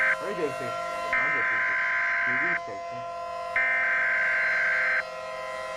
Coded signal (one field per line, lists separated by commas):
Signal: Emergency Alert System (SAME) tones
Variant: header bursts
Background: speech